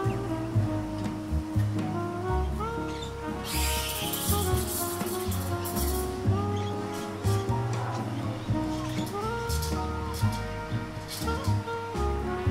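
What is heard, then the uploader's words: Seaside cafe ambience with steady music carrying low bass and held melodic notes, a bright hissing wash swelling around four to six seconds. Seaside Cafe Ambience - Coffee Shop Sounds, Ocean Sounds.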